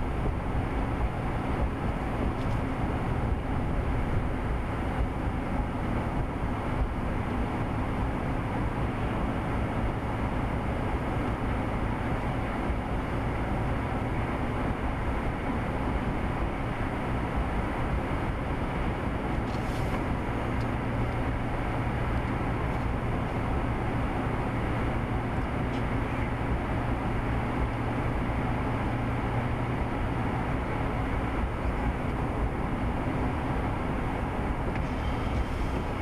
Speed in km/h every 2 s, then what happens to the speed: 58, 60, 60, 60, 61, 61, 61, 61, 61, 63, 64, 63, 63, 64, 64, 61, 60, 55.
0-28 steady at about 61. 28-36 slows to 55.